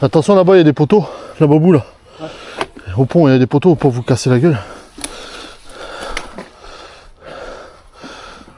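While riding, a shoe cleat is pushed at a mountain-bike clipless pedal, but the spring binding does not engage because the pedal tension is too stiff and needs loosening. Someone talks through the first half, followed by a few brief sharp knocks over quieter rustling noise. Nothing has clicked or seated yet.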